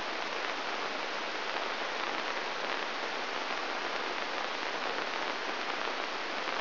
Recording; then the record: brain microelectrode recording played as sound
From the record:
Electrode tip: inside the subthalamic nucleus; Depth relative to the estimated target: 1 mm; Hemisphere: right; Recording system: AlphaMap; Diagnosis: Parkinson's disease